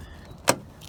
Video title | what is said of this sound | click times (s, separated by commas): Ford Super Duty - Trailer Tire Pressure Monitoring System - Setting the TPMS | it's locked into place so there we go | 0.5 s